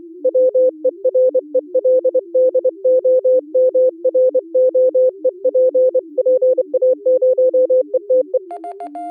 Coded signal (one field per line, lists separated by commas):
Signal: Morse code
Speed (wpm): 24 wpm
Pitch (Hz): 510 Hz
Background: music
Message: WERELDOMROEP PA0ETE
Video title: Daily Minutes, November 26, 2015, with low level Contestia data.